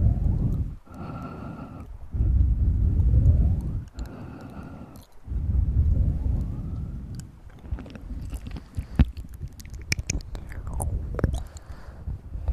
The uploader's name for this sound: Mouth Sounds & Breathing